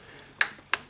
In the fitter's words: got a click on to the end there - there